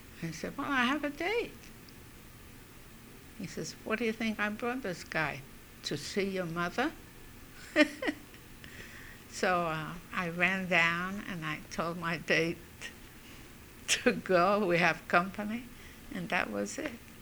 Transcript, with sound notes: I said, "Well, I have a date." He says, "Why do you think I brought this guy? To see your mother?" ( she laughs ) So I ran down and told my date to go, we have company, and that was it.